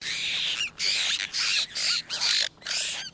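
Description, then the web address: Apostlebirds calling together: harsh, grating squawks in bursts about half a second long, overlapping one another and repeated in quick succession. Several birds calling together as a group. "Foundation Updates BIRD APOSTLE BIRD GROUP CALL"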